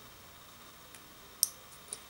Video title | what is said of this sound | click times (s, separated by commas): Wild Life Park and Photography Playmobil Wild Life and Figurine Playset by Lots of Toys | so this little cord snaps into place | 1.4 s